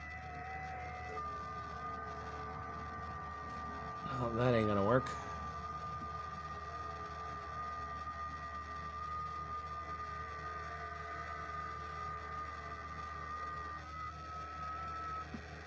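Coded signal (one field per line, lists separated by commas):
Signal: FT8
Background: speech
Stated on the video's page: FT8 on a portable go-box station with a multiband vertical antenna for 20/17/15/12/10 meters, run during a power outage.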